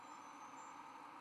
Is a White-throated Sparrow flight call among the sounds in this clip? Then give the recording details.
no. No flight call is heard. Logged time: 03:23 on 24 November 2014